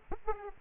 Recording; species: mosquito wingbeat signal from an infrared sensor; Aedes aegypti